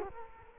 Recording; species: mosquito wingbeat signal from an infrared sensor; Culex quinquefasciatus